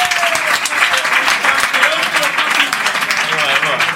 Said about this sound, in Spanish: Un aplauso para nuestro ganador dos veces seguida.